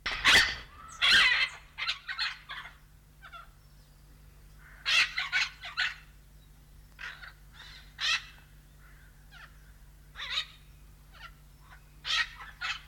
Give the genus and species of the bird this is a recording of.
Ara rubrogenys